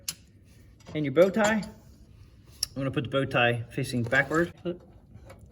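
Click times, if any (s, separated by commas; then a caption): none. A steel bow tie retaining clip is handled at a washer on a mower deck hanger pin of a John Deere D110, E110, S100 or S110 mower, with the clip positioned facing backward. Someone talks throughout, and brief sharp sounds occur near 0.1 s and 2.6 s. Nothing has clicked or seated yet.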